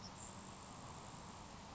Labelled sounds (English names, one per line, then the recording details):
Grasshopper Sparrow
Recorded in Sonoma County, California